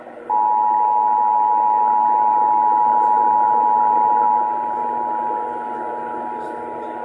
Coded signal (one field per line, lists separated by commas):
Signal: Emergency Alert System (SAME) tones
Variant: 853 and 960 Hz attention tone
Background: speech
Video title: (VERY RARE) EAS #27 Part 1: National Periodic Test (WWVA-AM, August 7, 2019 2:20 p.m. EDT)